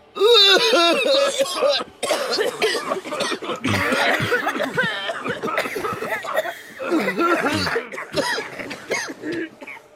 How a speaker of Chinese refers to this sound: 而此刻苍红观主突然剧烈地咳嗽起来，既知是边上的马秋阳和潘奇年，接着又是更多的人，呛咳声中忽然响起了沈银灯惊骇至极的声音， 毒，这藤丝烧了，有毒。